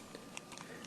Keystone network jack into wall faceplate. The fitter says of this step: snap it in like this see how it goes right in just like that snaps right in looks good